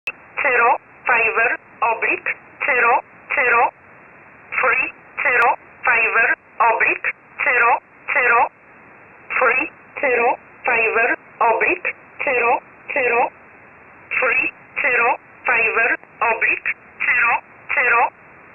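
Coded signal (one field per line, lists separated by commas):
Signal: numbers station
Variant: E11 Oblique, English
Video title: 04 06 2021 Number station E11 Oblique in English to Eu 1000 on 12153 unknown tx site in USB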